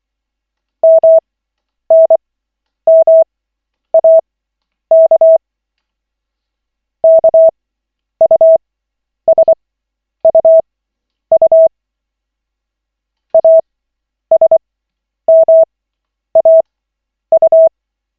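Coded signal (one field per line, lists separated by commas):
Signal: Morse code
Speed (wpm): 24 wpm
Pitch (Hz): 650 Hz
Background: none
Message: MNMAK KUSUU ASMAU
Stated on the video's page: Koch method CW practice session at lesson 7 of 40, using LCWO.net.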